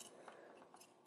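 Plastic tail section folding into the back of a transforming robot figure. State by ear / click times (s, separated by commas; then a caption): not seated / none. A plastic tail section of a transforming robot figure is folded down behind the figure's head during its transformation, with faint plastic handling ticks near 0.0, 0.3 and 0.7 seconds over a soft background hiss. Nothing has seated or clicked into place yet when the clip ends.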